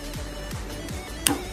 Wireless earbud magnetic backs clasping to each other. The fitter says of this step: is awesome so just locks into place like that